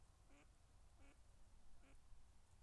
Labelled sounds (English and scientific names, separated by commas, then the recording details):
Mallard (Anas platyrhynchos)
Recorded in Germany
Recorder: ecoPi